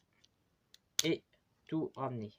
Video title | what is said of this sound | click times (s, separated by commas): Review 11 : Transformers War For Cybertron Trilogy : Kingdom Dinobot review (french) | On va juste avoir à les déclipser. | 0.7 s